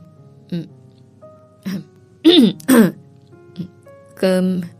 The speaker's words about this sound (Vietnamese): Chưa nói hết câu thì mẹ bắt đầu ho sặc sụa. Anh không biết chuyện gì liền đi đến vỗ vai mẹ. Mẹ vừa ho vừa nói.